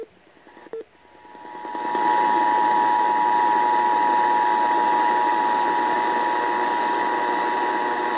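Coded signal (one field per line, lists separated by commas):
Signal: Emergency Alert System (SAME) tones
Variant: 853 and 960 Hz attention tone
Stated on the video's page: Required Monthly Test EAS tones heard on AM and FM broadcast stations.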